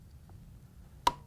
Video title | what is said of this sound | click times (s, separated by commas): How To: Whirlpool/KitchenAid/Maytag Pump and Motor Assembly WPW10780877 | then you can rotate it back so it locks into place. | 1.1 s